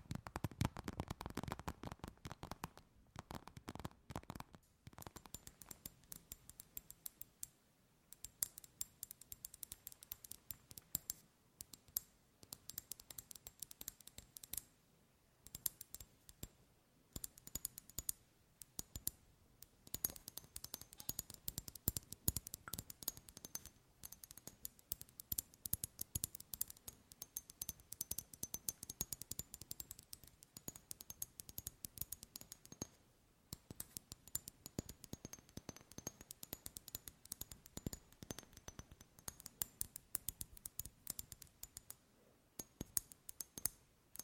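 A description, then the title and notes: ASMR tapping of quick, crisp, irregular taps and clicks in dense bursts throughout, with a thin high whine in the background. ASMR Tapping For Sleep 100% Tingles! (No Talking).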